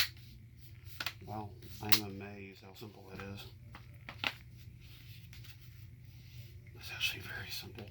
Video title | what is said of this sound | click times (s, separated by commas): How To Replace Laptop LCD Screen DIY | maybe i need to pull that back let's see now it just snaps right in place | 1.0 s, 1.1 s